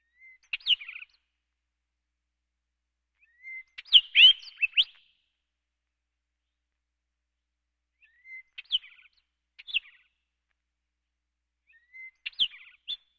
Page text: Hooded Oriole. Quick Sounds